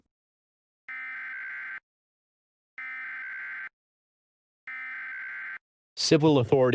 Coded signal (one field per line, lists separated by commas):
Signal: Emergency Alert System (SAME) tones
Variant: header bursts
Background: speech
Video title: EAS Mock - The Roach Invasion (Part 2)